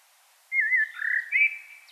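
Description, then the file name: Common blackbird song: a fluted whistled phrase, wavering then sliding, with a brief higher twitter at the end. "Turdus merula"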